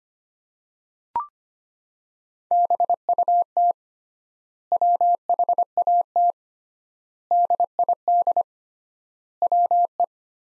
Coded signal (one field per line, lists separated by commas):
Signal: Morse code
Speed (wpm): 25 wpm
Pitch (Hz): 700 Hz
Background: none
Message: BUT WHAT DID WE